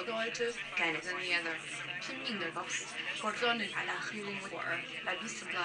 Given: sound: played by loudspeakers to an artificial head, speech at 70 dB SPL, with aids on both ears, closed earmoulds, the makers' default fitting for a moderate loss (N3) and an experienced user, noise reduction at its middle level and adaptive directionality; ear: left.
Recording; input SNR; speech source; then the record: speech test signal (ISTS) in cocktail-party noise; +6 dB; on the right (90 degrees)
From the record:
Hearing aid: class 2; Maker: G